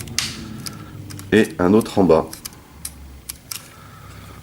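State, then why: Seated. A matching plastic accessory part for the other side, from a Wei Jiang additional parts set for the MW-001 Rendsora, is pushed into the action figure body, and a strong click at 0.2 s marks its second clip snapping in. Fainter clicks follow while someone talks, and the part is seated.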